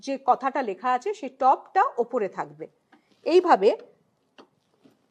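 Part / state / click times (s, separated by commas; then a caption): ballot unit cable connector into VVPAT unit socket / seated / 4.4 s. Someone talks while an EVM ballot unit cable plug, aligned red-to-red and black-to-black with TOP facing up, is gently pressed into the VVPAT unit socket. A short, faint click is heard at 4.4 s as the connector seats, showing the ballot unit is connected to the VVPAT.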